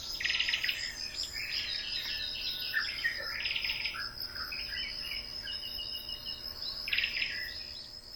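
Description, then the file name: Ryukyu robin song, varied warbling phrases, set against a steady high-pitched insect whine. At Yanbaru, Okinawa, on 20 September 2017. "akahige 170920 yanbaru morishita"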